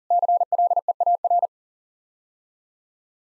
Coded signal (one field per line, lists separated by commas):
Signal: Morse code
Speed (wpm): 37 wpm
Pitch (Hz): 700 Hz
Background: none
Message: CLEAR